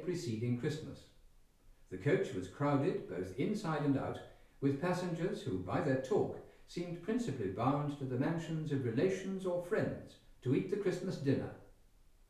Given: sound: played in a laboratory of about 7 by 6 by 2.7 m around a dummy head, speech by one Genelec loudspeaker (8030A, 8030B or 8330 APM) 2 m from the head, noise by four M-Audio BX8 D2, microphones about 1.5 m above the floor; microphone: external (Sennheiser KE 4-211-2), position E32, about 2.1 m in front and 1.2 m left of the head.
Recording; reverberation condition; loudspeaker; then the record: male speech in English; medium; 90 degrees to the right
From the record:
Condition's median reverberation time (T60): about 510 ms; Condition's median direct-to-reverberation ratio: about -0.5 dB